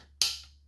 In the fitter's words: hear that click and then now you know that it's secured in place